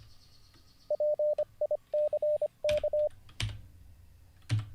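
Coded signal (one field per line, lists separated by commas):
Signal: Morse code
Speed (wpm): 25 wpm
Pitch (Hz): 600 Hz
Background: radio noise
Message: PICK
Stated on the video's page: Morse code learning livestream lesson.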